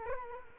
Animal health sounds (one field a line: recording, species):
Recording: mosquito wingbeat signal from an infrared sensor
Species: Culex quinquefasciatus